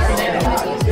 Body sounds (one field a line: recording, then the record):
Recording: background sound without coughing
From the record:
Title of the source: Nightlife Party Simulating Party Club Noise 1 Hour